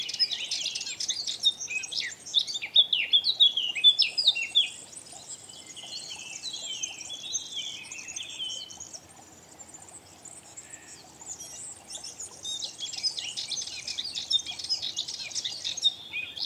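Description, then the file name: Eurasian blackcap song: a loud, fast, varied warble of whistled and scratchy notes for several seconds, then after a quieter stretch a fainter, dense twittering chatter. "Sylvia atricapilla"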